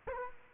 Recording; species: mosquito wingbeat signal from an infrared sensor; Culex quinquefasciatus